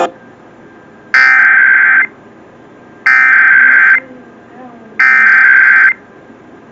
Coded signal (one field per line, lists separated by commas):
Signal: Emergency Alert System (SAME) tones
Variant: header bursts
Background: speech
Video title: Required Monthly Test On KTOZ-FM & KTTS-FM [EAS #392 - #393]